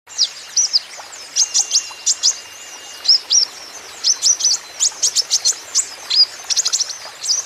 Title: KOLIBRI NINJA KONIN IJOAN GACOR COCOK UNTUK PANCINGAN TERAPI KONIN BAHAN